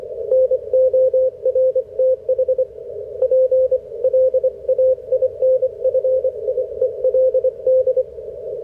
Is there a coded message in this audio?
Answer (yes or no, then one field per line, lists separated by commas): yes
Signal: Morse code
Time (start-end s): 0.3-8.0 s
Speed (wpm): 26 wpm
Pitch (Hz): 530 Hz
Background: radio noise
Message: NORTH PLAINFIELD